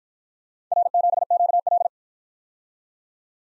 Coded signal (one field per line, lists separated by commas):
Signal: Morse code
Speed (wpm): 52 wpm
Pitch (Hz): 700 Hz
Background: none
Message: R7QL